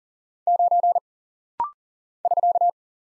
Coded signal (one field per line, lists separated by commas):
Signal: Morse code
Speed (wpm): 40 wpm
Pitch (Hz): 700 Hz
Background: none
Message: 9 <SK>